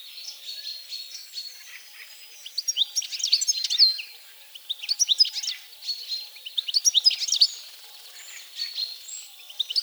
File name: Carduelis carduelis